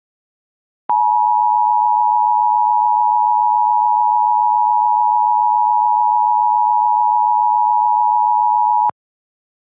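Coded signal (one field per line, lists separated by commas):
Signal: Emergency Alert System (SAME) tones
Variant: 853 and 960 Hz attention tone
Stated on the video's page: Mock EAS tornado warning presented as a cable provider alert.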